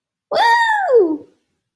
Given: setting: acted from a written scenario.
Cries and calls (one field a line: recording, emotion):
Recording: vocal sound without words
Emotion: pride